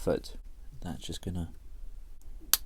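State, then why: Seated. Someone talks while a plastic left foot part from a Transformers 2007 Ratchet Iron Warrior Duel Model Series IW-01 Gear 07 kit is pushed into the leg assembly. A faint tick comes at 2.2 s, then a sharp, loud snap at 2.5 s as the foot part clicks into place and seats.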